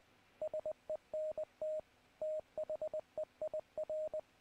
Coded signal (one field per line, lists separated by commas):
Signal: Morse code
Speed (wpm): 20 wpm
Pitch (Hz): 620 Hz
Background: radio noise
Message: SENT THEIR